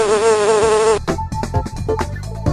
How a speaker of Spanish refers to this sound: Mi picadura es dañina, mi cuerpo insignificante, pero el néctar que os doy, os lo coméis al instante. La abeja.